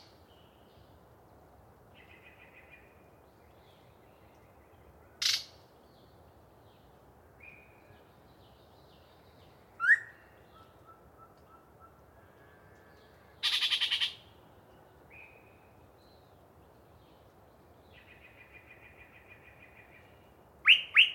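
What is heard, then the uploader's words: A Yellow-breasted Chat sings a varied string of separate calls in the dark: sharp, harsh bursts near 5, 10, 13.5 and 21 seconds, with softer whistles, rattling chatter and clucks in between. Between phrases a faint, steady low hiss fills the background. A particularly chatty Yellow-breasted Chat provides us a long pre-Dawn soliloquy while hanging out in some deciduous coverage with the microphones.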